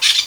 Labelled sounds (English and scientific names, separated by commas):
Brown-throated Parakeet (Eupsittula pertinax) contact call